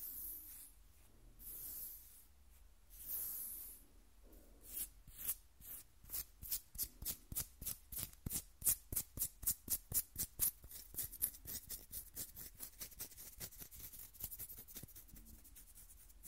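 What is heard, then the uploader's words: Skin scratching opens with a few slow, soft hissing strokes in the first four seconds, then turns into quick, regular scratches of crisp, bright scraping. The strokes come several per second through to the end, thinning slightly near the close, with a faint low rumble underneath. ASMR Skin Scratching 1 Hour (No Talking).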